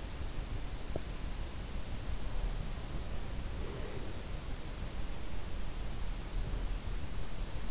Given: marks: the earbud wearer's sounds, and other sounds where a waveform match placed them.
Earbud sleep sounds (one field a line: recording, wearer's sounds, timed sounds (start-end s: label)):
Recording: sounds in sleep by an in-ear microphone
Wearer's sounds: teeth grinding, breath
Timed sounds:
0.71-1.20 s: teeth grinding
3.39-4.24 s: breath